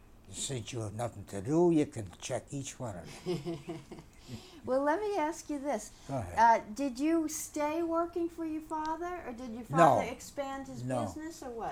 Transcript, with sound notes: Since you have nothing to do, you can check each one of them.
( she laughs ) Well, let me ask you this. Did you stay working for your father, or did your father expand his business, or what?